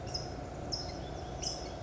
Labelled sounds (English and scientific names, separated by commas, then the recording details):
California Towhee (Melozone crissalis)
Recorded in Sonoma County, California